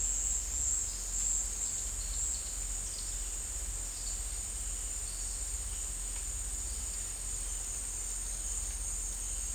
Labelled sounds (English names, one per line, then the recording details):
none
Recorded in dense forest near Puerto Asís, Putumayo, Colombia, on 16 December 2024 at 12:30
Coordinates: 0.466, -76.327
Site G075